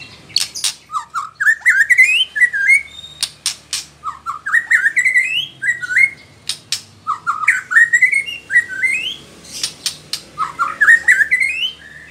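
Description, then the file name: White-rumped shama song: chains of short whistled notes climbing in pitch, repeated several times and mixed with high, sharp clicks. Female. "murai batu betina"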